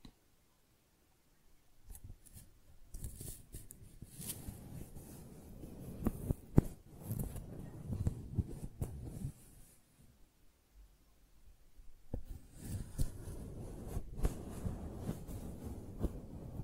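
Tingly flower sounds: crinkly rustling and snipping handled in bursts, with sharp clicks and crisp snaps around 2, 6–7 and 12–14 seconds. The first second and a half is silent, and a quieter lull falls near 10 to 12 seconds before dense rustling resumes.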